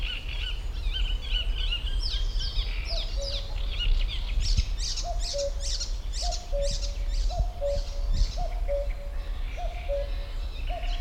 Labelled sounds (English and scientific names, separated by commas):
Great Reed Warbler (Acrocephalus arundinaceus)